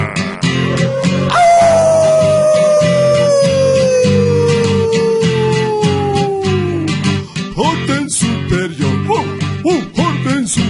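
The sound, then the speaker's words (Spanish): A single long howl glides slowly downward in pitch for several seconds, riding over loud, busy music with a steady beat that continues after it fades. “¡Aullar!”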